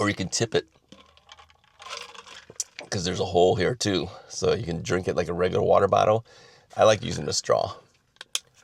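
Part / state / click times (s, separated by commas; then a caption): flip-top lid into its latch on a water bottle / seated / 8.3 s. Someone talks while handling a stainless steel water bottle, with a few small clicks and taps in the pauses. At 8.4 s the flip-top lid snaps shut into its latch with a sharp click, locking it in place.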